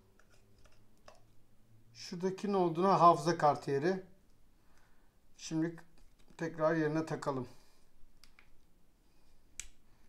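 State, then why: Partly seated. Someone talks while putting the side door or battery of a GoPro Hero 10 Black action camera back into the camera body after showing the memory card slot. Several small snaps are heard, the loudest at 9.6 s, but the door or battery does not fully seat.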